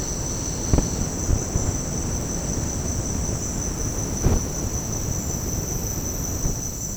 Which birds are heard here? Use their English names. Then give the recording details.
none. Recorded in secondary vegetation near Puerto Asís, Putumayo, Colombia, on 21 February 2024 at 07:30. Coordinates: 0.489, -76.322. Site G6419